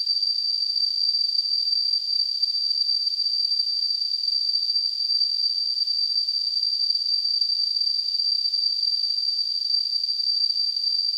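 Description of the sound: Simulated tinnitus: a continuous, steady high-pitched tone near 4.5 kHz, set in a faint hiss of band-limited noise above about 2 kHz, holding an even level throughout with no low-frequency content.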